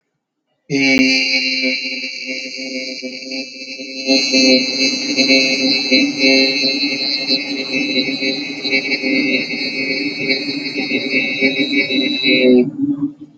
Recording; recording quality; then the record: sustained vowel as in beet; moderate, slight background noise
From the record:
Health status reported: healthy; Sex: male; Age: 30 years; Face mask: not worn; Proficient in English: yes